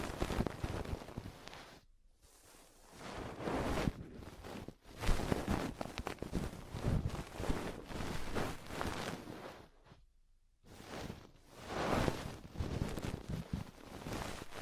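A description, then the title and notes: Ear cleaning sounds: dense, crackly rubbing and scraping pressed against the microphone, with heavy low rumble and bright rustling. The texture swells and fades in waves, broken by near-silent gaps around 2 seconds and again around 10 seconds. ASMR Deep Ear Cleaning Session.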